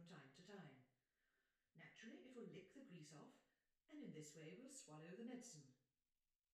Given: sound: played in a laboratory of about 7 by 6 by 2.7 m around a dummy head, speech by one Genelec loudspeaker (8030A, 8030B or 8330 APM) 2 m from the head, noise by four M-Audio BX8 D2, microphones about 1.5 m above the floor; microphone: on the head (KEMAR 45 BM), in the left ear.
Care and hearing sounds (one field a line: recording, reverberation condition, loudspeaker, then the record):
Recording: female speech in English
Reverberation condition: medium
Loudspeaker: 120 degrees to the right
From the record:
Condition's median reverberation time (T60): about 510 ms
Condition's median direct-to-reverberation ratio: about -0.5 dB